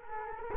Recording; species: mosquito wingbeat signal from an infrared sensor; Culex quinquefasciatus